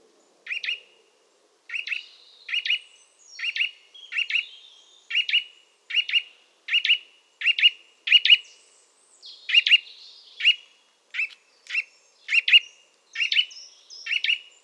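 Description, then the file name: Eurasian nuthatch giving a long series of short, sharp whistled notes, single or paired, with a quiet background. "Sitta europaea"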